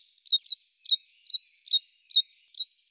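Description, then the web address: Coal tit calls, a rapid series of many high thin downslurred notes in a clean quiet background. "Parus ater"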